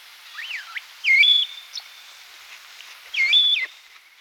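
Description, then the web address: Starling whistles: a wavering slurred note, then two loud rising-and-flat whistles about two seconds apart, with faint clicks between over a light background hiss. "Bird Calls Starling"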